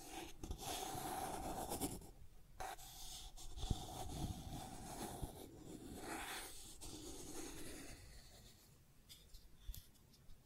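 Scratching and tracing sounds, a dense, rough scraping that runs almost continuously for the first eight seconds, with brief pauses near two and a half and six seconds. A steady mid-pitched tone sits under the strokes. Near the end, scattered short scratches and taps.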